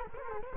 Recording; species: mosquito wingbeat signal from an infrared sensor; Culex quinquefasciatus